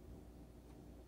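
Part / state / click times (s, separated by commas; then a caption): CPU cooler push pin into motherboard mounting hole / not seated / none. A stock CPU cooler for an Intel i3-9100 is jiggled into place on a B360M DS3H motherboard while its push pin is pressed toward the mounting hole. Only a steady, low rumbling noise is heard, with no sharp sounds. Nothing has seated or clicked yet; the loud snap that signals a locked pin has not come.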